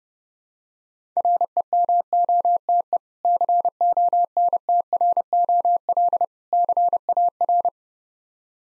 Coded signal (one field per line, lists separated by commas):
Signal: Morse code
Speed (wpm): 28 wpm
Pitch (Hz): 700 Hz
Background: none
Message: REMOTE CONTROL CAR